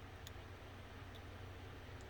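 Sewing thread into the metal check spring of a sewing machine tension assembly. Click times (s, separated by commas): 0.3 s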